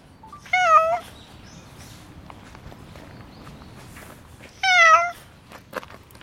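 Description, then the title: Domestic cat giving two clear, slightly falling meows about four seconds apart, with soft rustles and light taps in a quiet background. Cat named Hachi, the idol cat of the Philosopher's Path, greeted in the morning and 'interviewed'; 2/17. "2/17 哲学の道のアイドル猫ハチさんにインタビューする"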